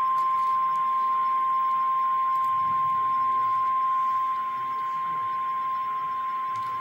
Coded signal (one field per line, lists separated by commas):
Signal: Emergency Alert System (SAME) tones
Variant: 1050 Hz attention tone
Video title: REAL EAS 839-Severe thunderstorm warning